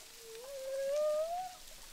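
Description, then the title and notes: Humpback whale song unit, a smooth moan climbing steadily in pitch over about a second and a half, with faint harmonics and gentle background hiss. Humpback whales recorded underwater with a DPA hydrophone at Boucan Canot, Réunion Island, during a film shoot. "humpback whales, boucan canot, ile de la reunion. enregistré avec un hydrophone DPA lors du tournage SIGNATURE"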